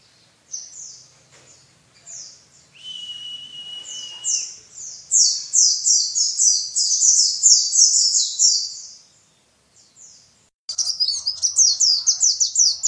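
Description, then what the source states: White-eye song, high chirps building into a long fast rolling trill, a steady whistle-like tone early, then another rapid burst. Pleci in ngalas ngeroll singing style.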